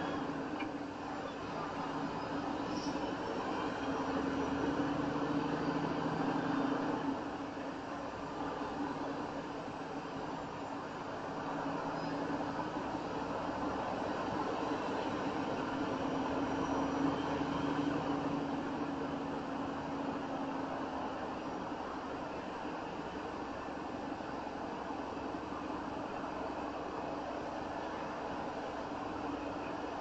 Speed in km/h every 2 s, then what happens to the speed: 32, 37, 40, 44, 44, 45, 47, 52, 53, 55, 50, 48, 47, 47, 45.
0-5 speeds up to 44. 5-11 steady at about 44. 11-15 speeds up to 53. 15-30 steady at about 48.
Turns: none.